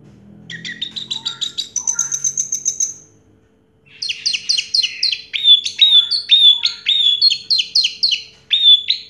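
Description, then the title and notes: Orange-headed thrush song, rapid trilled notes then a long sequence of repeated clear whistled figures after a short silence. Singing in the teler style with a clear voice; part of a complete compilation of anis merah sounds. "Anis Merah Teler Suara Jernih. kumpulan suara anis merah lengkap"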